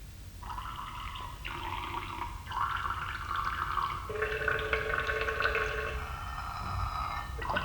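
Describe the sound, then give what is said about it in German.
A steady stream of urine trickles with a ringing, tonal quality, its pitch stepping up and down through several sustained notes like a little tune, with no voices. “Ich habe mir eine Melodie gepinkelt. Hör zu.”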